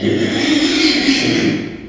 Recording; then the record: squeal of a Yucatan mini pig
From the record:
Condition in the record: after surgery on the right vocal fold (resection and tissue-engineered implant); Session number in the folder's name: 2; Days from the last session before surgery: 13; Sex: male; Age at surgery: 12 weeks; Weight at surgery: 13 kg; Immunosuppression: cyclosporine, prednisolone